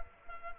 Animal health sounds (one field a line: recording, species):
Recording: mosquito wingbeat signal from an infrared sensor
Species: Culex quinquefasciatus